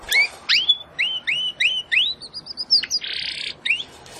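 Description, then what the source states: Domestic canary song: a run of rising whistled notes, then a fast trill and a brief buzzy burst, over a faint hiss. Belgian canary singing; labelled 'Campainha'.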